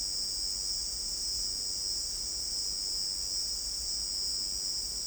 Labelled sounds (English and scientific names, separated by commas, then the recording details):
none
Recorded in dense forest near Puerto Asís, Putumayo, Colombia, on 13 March 2025 at 17:00
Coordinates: 0.499, -76.324
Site GP03